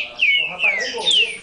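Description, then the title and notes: Green-winged saltator song: three clear whistled notes, each sliding downward, delivered in quick succession over a faint hiss. Brazil; part of a collection of Brazilian birds. "trinca ferro. kumpulan burung brazil"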